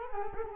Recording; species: mosquito wingbeat signal from an infrared sensor; Culex quinquefasciatus